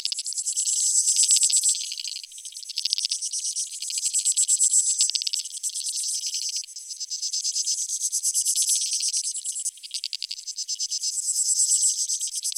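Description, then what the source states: Insects calling in a dense, high-pitched shimmering chorus of rapid pulses, swelling and fading every few seconds without pause. Creek insects; field recording made in Australia or Portugal during 2011 for a collaborative soundwork; some recordings processed, others unaltered.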